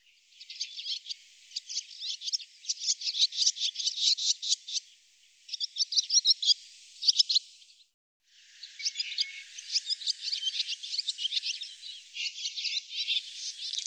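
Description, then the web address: Barn swallow twittering, a fast scratchy chatter of clicks and buzzy notes that runs in bursts and breaks briefly a little past halfway before resuming. "cianscape birddata Deverinetal 2025"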